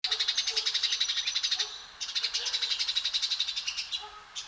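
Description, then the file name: House sparrow chirping in a fast, dense run of bright repeated chirps, about four a second, with a short pause near the middle. "Passer domesticus"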